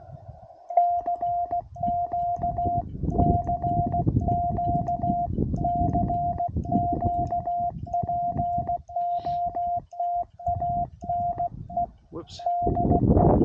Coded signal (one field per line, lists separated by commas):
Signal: Morse code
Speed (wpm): 16 wpm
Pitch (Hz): 700 Hz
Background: speech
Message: CQ CQ CQ POTA NE DE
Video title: CW Pota Activation US-11199